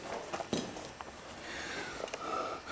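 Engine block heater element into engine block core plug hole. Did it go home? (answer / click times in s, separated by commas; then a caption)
no / none. A metal block heater element is lined up and threaded by hand into the core plug hole of a Mercedes 300D engine block, carefully so it does not cross-thread, to be tightened with a socket later. Brief scraping and knocking handling sounds occur at about 0.5, 1.0 and 2.1 seconds, over a faint background hum. Nothing has seated or clicked yet.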